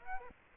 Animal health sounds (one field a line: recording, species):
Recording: mosquito wingbeat signal from an infrared sensor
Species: Aedes aegypti